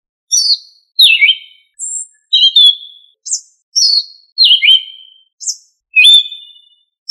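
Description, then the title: Thrush singing clear whistled phrases, mostly falling notes with sharp high squeaky notes between them, separated by short pauses, in an otherwise quiet background. "Familia Turdidae - Sabia"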